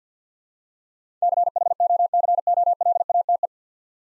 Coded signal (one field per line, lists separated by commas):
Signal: Morse code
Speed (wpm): 51 wpm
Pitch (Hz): 700 Hz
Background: none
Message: CHOCOLATE